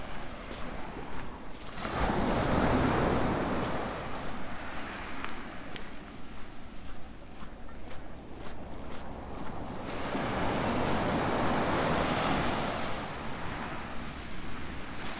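Waves surge and wash along the South West Coast Path, with a loud swell around two to five seconds and another from ten to thirteen.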